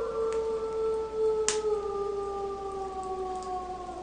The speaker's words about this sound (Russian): Это волки. Здесь, высоко в горах, их много, но они не потревожат нас. Они далеко отсюда.